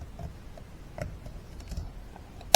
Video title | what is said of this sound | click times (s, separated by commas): backhoe outrigger cylinder repair | it'll snap into place | 2.5 s